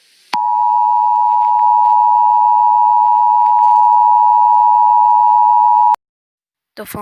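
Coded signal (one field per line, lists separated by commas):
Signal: Emergency Alert System (SAME) tones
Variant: 853 and 960 Hz attention tone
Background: speech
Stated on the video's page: Part one of a fictional EAS scenario with valid tones, with music added.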